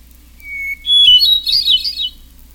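Hermit thrush song phrase: a pure held whistle, then a jump to higher flute-like notes that spill into a quick echoing trill, with a faint low background hum.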